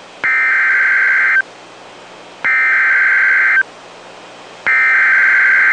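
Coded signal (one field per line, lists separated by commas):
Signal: Emergency Alert System (SAME) tones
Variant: header bursts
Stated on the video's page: Real NOAA Weather Radio EAS alert for a Severe Thunderstorm Warning.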